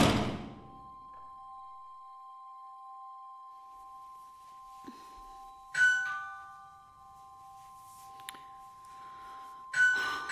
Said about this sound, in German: Ich weiß schon, sie macht nicht auf. Sie ist nicht da. Ich klingel trotzdem.